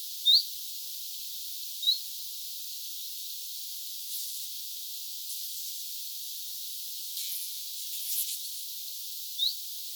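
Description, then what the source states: Common chiffchaff calling: three brief upslurred high notes, two in the first two seconds and one near the end, with faint rustles and constant background hiss. Two birds calling, recorded 6 September 2025; call rendered as 'bizt'.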